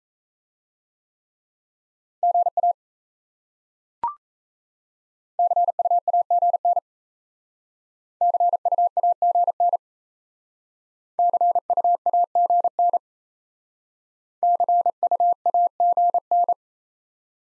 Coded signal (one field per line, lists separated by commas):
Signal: Morse code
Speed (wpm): 37 wpm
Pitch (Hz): 700 Hz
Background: none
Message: GA CUAGN CUAGN CUAGN CUAGN